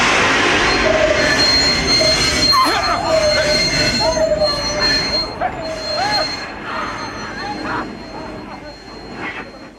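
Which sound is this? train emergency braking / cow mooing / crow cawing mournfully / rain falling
train emergency braking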